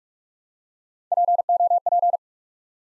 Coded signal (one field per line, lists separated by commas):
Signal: Morse code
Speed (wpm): 44 wpm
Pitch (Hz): 700 Hz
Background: none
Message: POP